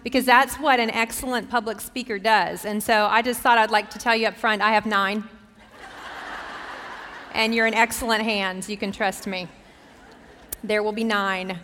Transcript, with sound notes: Because that’s what an excellent public speaker does. And so I just thought I’d like to tell you up front, I have nine. [laughter] And you’re in excellent hands. You can trust me. There will be nine.